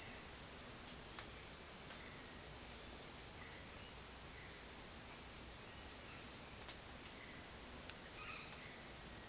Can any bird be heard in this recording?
yes